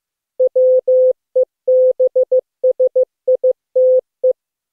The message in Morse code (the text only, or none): WEBSITE